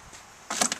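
On a wooden model ballista, the trigger is pulled up, releasing the trigger catch so a wooden part spins forward. After a quiet start, a rustling burst rises at about 0.5 seconds, then sharp wooden knocks land at 0.6 and 0.7 seconds. The trigger catch releases and the part spins forward.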